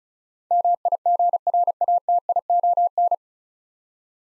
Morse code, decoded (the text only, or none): MIGRATION